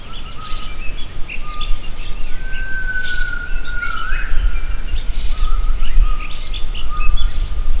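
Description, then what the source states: Gibbon calling, clear sustained tonal notes with one long falling swoop midway, small birds chirping higher up and a constant low rumble underneath. Gibbons recorded for acoustic triangulation.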